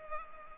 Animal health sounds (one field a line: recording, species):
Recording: mosquito wingbeat signal from an infrared sensor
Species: Culex pipiens